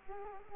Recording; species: mosquito wingbeat signal from an infrared sensor; Culex quinquefasciatus